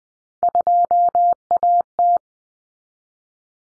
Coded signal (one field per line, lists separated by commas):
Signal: Morse code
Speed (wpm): 20 wpm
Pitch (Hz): 700 Hz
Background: none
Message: 2AT